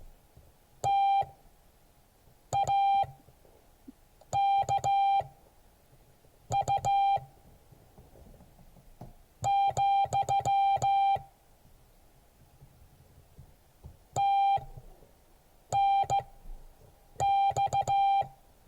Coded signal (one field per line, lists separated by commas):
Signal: Morse code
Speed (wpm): 15 wpm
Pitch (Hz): 790 Hz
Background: music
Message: TAKU , TNX